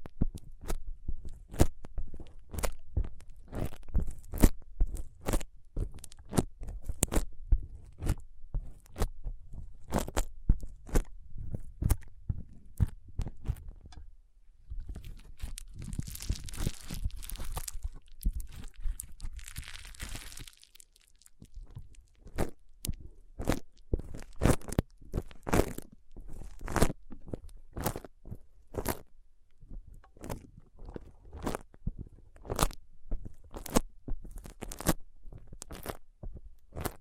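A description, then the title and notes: Foam being squeezed and rubbed for a brain massage, with sharp crunchy, crackling pops repeating at an irregular, fairly quick pace throughout. Around the middle, from about 14 to 21 seconds, the pops thin out into a softer, airy rubbing hiss before the dense crunching returns. ASMR Powerful Foam Brain Massage.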